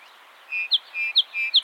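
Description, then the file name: Song sparrow phrases: three repeated two-part notes, each a level whistle followed by a sharp higher chip. "Melospiza melodia - Song Sparrow"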